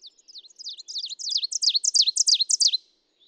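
Ovenbird singing a crescendo of rapidly repeated high, downward-swooping phrases that grow steadily louder over nearly three seconds before stopping.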